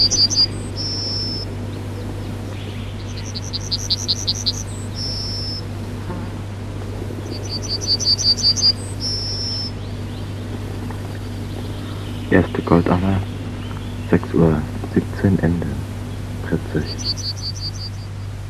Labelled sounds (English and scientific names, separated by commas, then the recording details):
Yellowhammer (Emberiza citrinella) song
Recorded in the wild
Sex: male
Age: adult
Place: Przytocko, Pomorskie, PL
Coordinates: 54.1211, 16.8428
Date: 1965-07-05 06:17
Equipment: Grundig TK 4, BG 20/6 - 19 cm/s
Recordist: Schubert, Michael